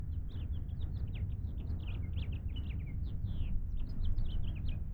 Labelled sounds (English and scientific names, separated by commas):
House Finch (Haemorhous mexicanus) song